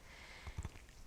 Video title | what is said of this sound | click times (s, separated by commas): Oral Surgery Pass-Offs | that will snap in place and you | 0.6 s